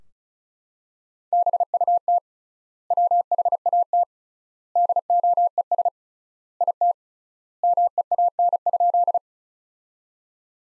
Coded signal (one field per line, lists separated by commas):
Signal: Morse code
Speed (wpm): 36 wpm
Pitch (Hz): 700 Hz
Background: none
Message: BUT WHAT DOES IT MEAN?